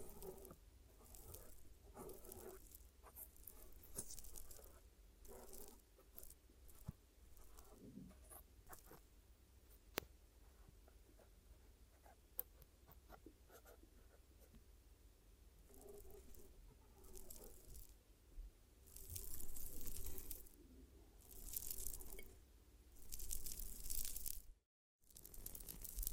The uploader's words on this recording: ASMR Sleepy Glue Ear Massage and Cleaning (No Talking).